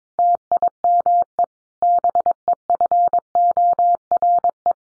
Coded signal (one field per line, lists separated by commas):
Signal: Morse code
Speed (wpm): 22 wpm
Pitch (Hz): 700 Hz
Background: none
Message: TIME BEFORE